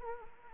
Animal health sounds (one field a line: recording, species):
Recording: mosquito wingbeat signal from an infrared sensor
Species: Anopheles arabiensis